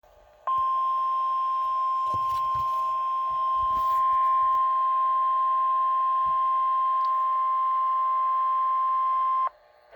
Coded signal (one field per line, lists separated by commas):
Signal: Emergency Alert System (SAME) tones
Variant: 1050 Hz attention tone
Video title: Severe Thunderstorm Warning (EAS #70)